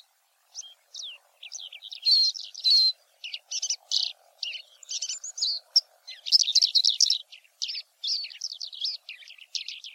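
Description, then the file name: Oriental skylark singing a long, varied stream of high chirps, slurred notes and fluttering trills with only brief pauses. "alauda gulgula"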